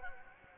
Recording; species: mosquito wingbeat signal from an infrared sensor; Anopheles gambiae